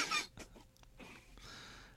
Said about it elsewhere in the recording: I'm hacking, folks. Allergies. Eyes are just red as you can get. So if I'm coughing, I apologize. It must be the ragweed.